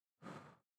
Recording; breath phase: one breath near a microphone; exhalation